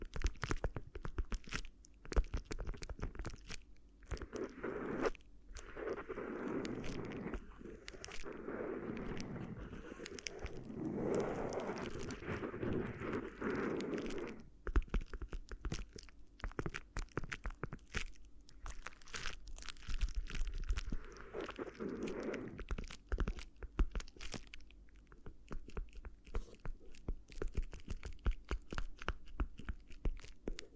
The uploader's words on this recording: ASMR Addictive Crinkly Ear Massage (No Talking).